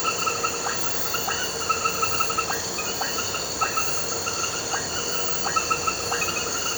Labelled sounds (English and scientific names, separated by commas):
none